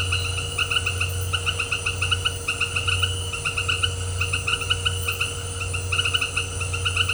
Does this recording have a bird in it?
no